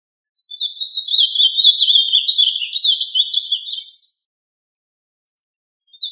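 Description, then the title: Bird song, a long warbling trill of rapid high notes wavering around one pitch for about three and a half seconds, then a brief squeak, silence, and a faint note at the end. "LuckyPassaros CompletosSama"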